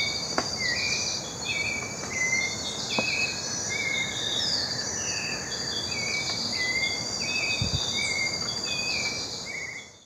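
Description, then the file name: White-necked thrush giving repeated short whistled notes at an uneven pace against a loud continuous insect buzz. "Turdus albicollis - White-necked Thrush"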